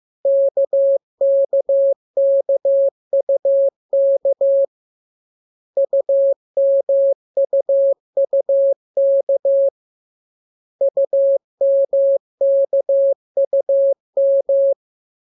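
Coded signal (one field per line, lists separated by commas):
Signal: Morse code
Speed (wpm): 15 wpm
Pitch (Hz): 550 Hz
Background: none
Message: KKKUK UMUUK UMKUM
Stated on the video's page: Morse code lesson two teaching letters K, M and U; each transmission opens with VVV and a section sign and ends with AR.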